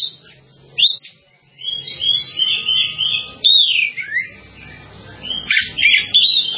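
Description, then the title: Java sparrow song of bright chips followed by a drawn-out warbling run of ringing notes, ending in a few more sharp chirps. "kicau gelatik"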